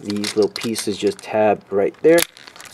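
Small plastic pieces are pushed onto their tab while a Transformers 2007 Movie Leader Class Optimus Prime plastic action figure is being transformed. Someone talks through most of the clip, followed by a few faint, sharp plastic ticks near the end. Nothing has snapped into place yet.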